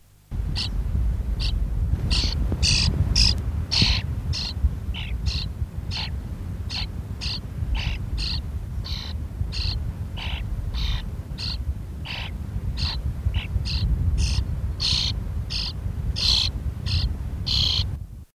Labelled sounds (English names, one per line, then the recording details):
European Starling call
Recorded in the wild
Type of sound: call
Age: immature
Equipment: Halbspur, 9,5 cm/s
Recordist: Lütgens, Hans
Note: Junge, Rufe